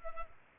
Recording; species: mosquito wingbeat signal from an infrared sensor; Culex pipiens